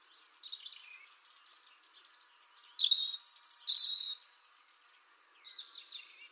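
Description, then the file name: European robin song: soft high twitters, then a louder phrase of liquid, fast-changing notes midway, trailing off into quieter warbling. "Erithacus rubecula"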